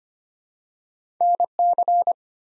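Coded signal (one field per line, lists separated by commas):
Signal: Morse code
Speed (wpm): 25 wpm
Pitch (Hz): 700 Hz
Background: none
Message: NC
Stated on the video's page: Head-copy drill of US state and Canadian province names at 25 wpm, each sent in Morse, spoken, then sent again.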